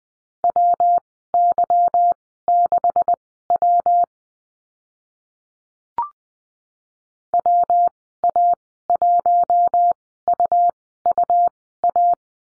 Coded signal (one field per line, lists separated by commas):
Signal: Morse code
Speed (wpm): 20 wpm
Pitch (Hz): 700 Hz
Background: none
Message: WY6W WA1UUA